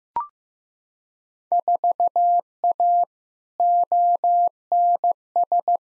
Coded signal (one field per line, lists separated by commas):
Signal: Morse code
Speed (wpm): 15 wpm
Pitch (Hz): 700 Hz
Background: none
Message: 4A ONS